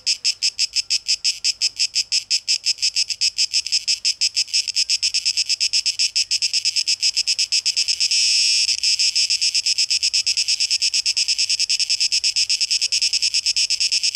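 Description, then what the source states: Cicada song of fast, sizzling pulses that briefly smear into one unbroken buzz midway, then return to rapid throbbing. Cicadas, tape echo mix, 12 August 2023.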